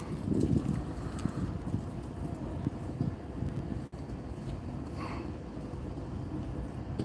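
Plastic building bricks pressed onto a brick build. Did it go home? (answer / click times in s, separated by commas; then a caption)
no / none. Several plastic building-brick pieces are pressed onto a mini brick build against steady low rumbling background noise. No clicks are heard, and nothing has clicked into place yet.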